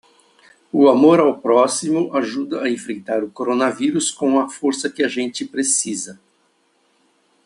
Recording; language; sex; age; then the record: spoken sentence; Brazilian Portuguese; male; 50 to 59 years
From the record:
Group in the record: control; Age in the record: 59 years